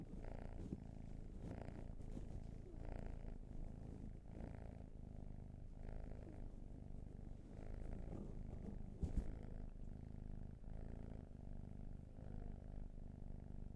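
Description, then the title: Cat purring, a steady low rumble that swells and eases with each breath, roughly every second and a half. "Field Recs Purrathon RAW"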